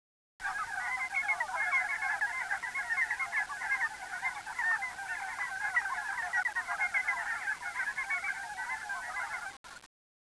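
Frogs calling in a dense chorus of rapid overlapping croaks and trills, steady for about nine seconds before stopping abruptly.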